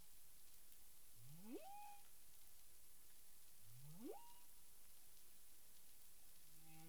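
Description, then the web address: Humpback whale calls: two rising upswept moans, each climbing steeply from low to a higher whistle-like tone, about two and a half seconds apart, over steady background hiss. Recorded 9 April 2002 at 18:48 UTC. "humpback whale 20020409 184853 UTC"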